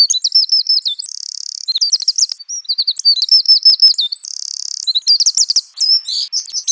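Bird song: a varied high warbling of quick twittering notes broken by two steady buzzy tones, continuous and busy.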